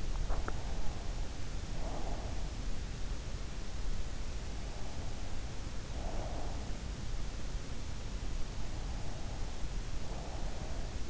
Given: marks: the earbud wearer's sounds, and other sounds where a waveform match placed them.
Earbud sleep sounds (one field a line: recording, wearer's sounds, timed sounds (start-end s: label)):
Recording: sounds in sleep by an in-ear microphone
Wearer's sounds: breath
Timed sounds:
0.00-2.48 s: breath
4.62-6.72 s: breath
8.71-11.10 s: breath